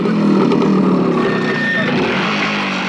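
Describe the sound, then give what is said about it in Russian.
Savransky's motorcycle engine drones at a steady, loud pitch with a rough, buzzing low rumble, holding constant for about three seconds without fading, as its smoke is fanned away. “Разгоняю дым от мотоцикла Савранского.”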